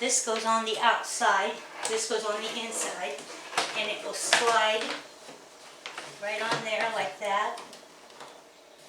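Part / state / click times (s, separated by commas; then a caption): exhaust hose end fitting onto portable air conditioner adapter / not seated / none. A plastic exhaust hose end fitting is slid onto its mating adapter on a portable air conditioner while someone talks. One moderate hit sounds near 5.9 s as the fitting is handled. Nothing has seated or clicked into place yet.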